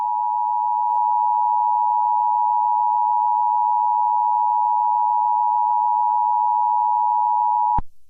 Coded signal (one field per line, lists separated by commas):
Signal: Emergency Alert System (SAME) tones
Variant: 853 and 960 Hz attention tone